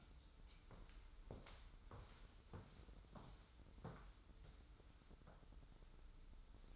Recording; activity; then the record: daily activity, microphone in the room; walk to room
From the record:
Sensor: 3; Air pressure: 994.4 hPa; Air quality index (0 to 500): 203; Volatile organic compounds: 1000 ppm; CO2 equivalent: 6754 ppm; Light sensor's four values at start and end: 95/223/91/85 and 95/222/90/84